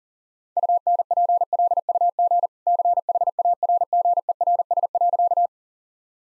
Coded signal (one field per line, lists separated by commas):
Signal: Morse code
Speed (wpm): 40 wpm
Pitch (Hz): 700 Hz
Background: none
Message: UNPLUG CHARGERS.